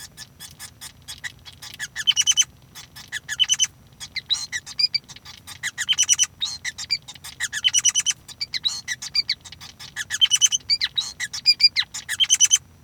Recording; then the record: song of a male Bengalese finch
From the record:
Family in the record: son of father 5